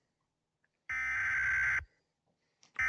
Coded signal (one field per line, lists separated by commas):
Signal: Emergency Alert System (SAME) tones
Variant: header bursts